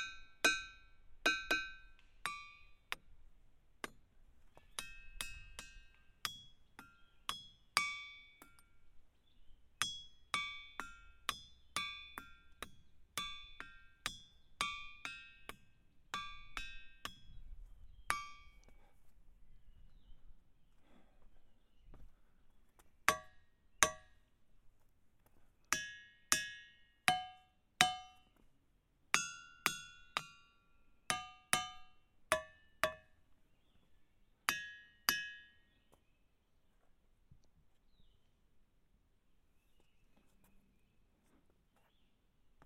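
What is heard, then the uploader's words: A hammer strikes rocks in quick, uneven bursts, some ringing bright and bell-like, with a quieter stretch near 20 seconds and faint footsteps. Ringing Rock State Park. The episode is a binaural field recording of me walking around hitting rocks with a hammer for about 20 minutes. Some rocks ‘ring’ while others don’t.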